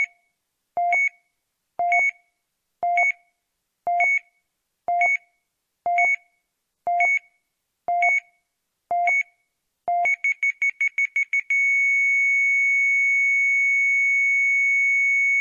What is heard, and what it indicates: Heart monitor beep sound.